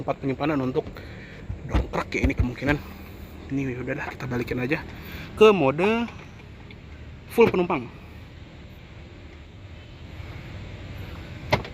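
Someone talks while a folded third-row seat in the cargo area of a 2021 BMW X7 xDrive40i Opulence CKD (G07) is raised back upright to return it to full passenger mode. A sharp latch click is heard at 11.5 s as the seat locks into place.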